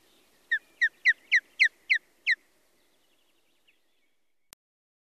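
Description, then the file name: Osprey calling a quick series of seven sharp, whistled chirps, about three per second, then stopping; a single faint click follows near the end. "Fiskgjuse"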